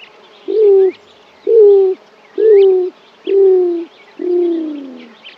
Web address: for the birds. Greater Roadrunner